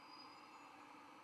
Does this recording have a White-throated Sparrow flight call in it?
no